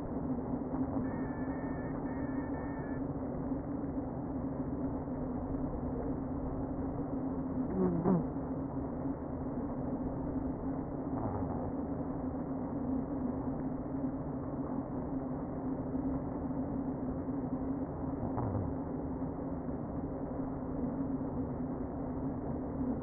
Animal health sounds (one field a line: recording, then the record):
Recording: honeybee colony, microphone inside the hive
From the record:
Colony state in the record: queen present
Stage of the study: before two queens were removed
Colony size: about 60,000 bees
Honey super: yes